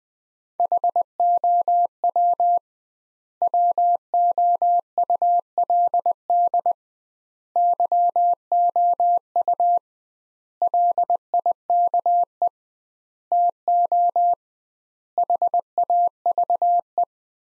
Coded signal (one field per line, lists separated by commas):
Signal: Morse code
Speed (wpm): 20 wpm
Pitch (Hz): 700 Hz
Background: none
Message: HOW WOULD YOU LIKE TO HAVE